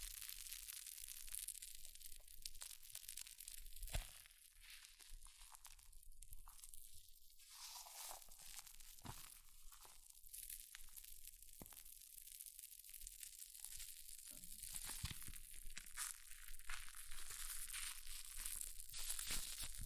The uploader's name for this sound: Extreme Fizzing Tingles Hair Mousse Sounds